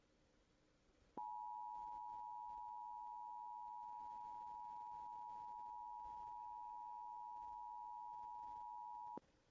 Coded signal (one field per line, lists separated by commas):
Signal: Emergency Alert System (SAME) tones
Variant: 853 and 960 Hz attention tone